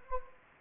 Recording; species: mosquito wingbeat signal from an infrared sensor; Anopheles gambiae